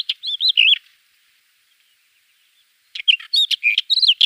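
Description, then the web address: Black wheatear song: a brief phrase of fluty, slurred whistles, a two-second pause, then a longer phrase of mixed whistles and scratchy clicks. "Schulze Peter Black Wheatear song"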